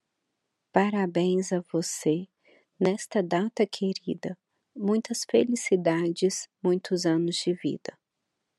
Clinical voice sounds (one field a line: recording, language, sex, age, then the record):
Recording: short text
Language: Brazilian Portuguese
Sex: female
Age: 30 to 39 years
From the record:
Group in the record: control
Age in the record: 34 years